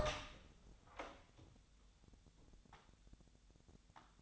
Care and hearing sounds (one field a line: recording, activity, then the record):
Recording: daily activity, microphone in the room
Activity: open door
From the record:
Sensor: 3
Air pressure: 1007.1 hPa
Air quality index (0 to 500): 203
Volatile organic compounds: 17 ppm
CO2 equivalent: 2600 ppm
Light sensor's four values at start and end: 12/28/12/12 and 12/28/12/12